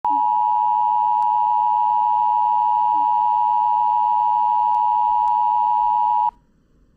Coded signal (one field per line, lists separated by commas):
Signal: Emergency Alert System (SAME) tones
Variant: 853 and 960 Hz attention tone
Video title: SCP EAS!